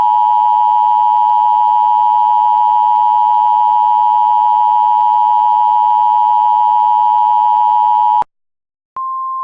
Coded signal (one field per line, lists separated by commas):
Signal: Emergency Alert System (SAME) tones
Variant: 853 and 960 Hz attention tone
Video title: EAS Classic: Clayranger503 EAS Test